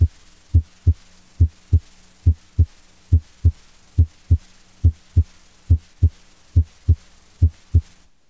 Abnormal S1 split. The normal S1 split, heard over the tricuspid area, widens when there is a delay in the electrical activation and contraction of the right ventricle, as occurs in right bundle branch block. Such a delay in closure of the tricuspid valve produces a widened S1 split sound.